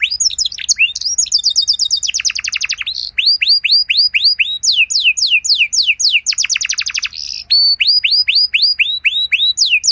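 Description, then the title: Canary singing rapid rattling trills followed by evenly spaced curved whistles, the pattern repeating twice with barely a gap. Belgian canary song with elaborate phrases, played to warm up and stimulate other canaries so they answer with long continuous song. "Canto Para Esquentar Canário Belga. Suara Burung Kenari Lagu dan Cengkok Mewah Buat Kenari Lain Bakal Langsung Nyaut Gacor Panjang"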